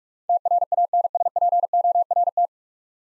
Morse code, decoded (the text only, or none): TRANSPORT